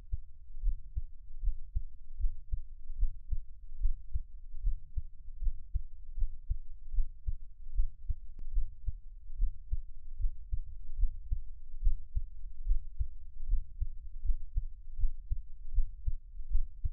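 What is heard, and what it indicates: Steady low heart thumps at about 76 beats a minute, an ordinary adult heartbeat with no talking, heard close up as an ASMR piece meant for headphones.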